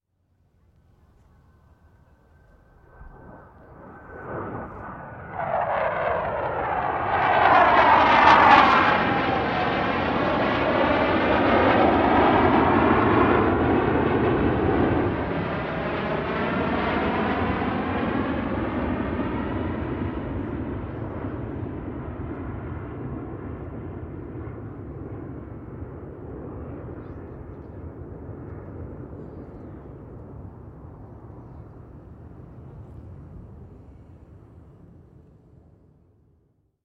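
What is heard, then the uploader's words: A jet approaches from near silence, its scream swelling fast around five seconds and peaking near eight with a sweeping, falling whine as it passes overhead. A deep booming rumble follows and lingers, slowly fading over the remaining half minute. Blue Angels F/A-18 Hornet Passby. The Blue Angels practice strafing runs over Lake Washington for two days. During that time the air is filled with screaming jets, continuous booming rumble, and dissipating smoke-oil tracks. Recorder: SD702 mid-side configuration mid: MKH8060 side: MKH30.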